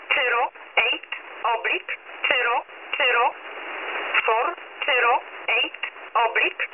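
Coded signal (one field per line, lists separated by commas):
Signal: numbers station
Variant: E11 Oblique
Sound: a voice reading short words at steady intervals through narrow shortwave radio hiss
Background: radio static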